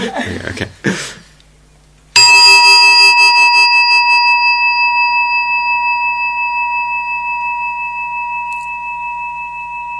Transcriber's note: laughter; rings bell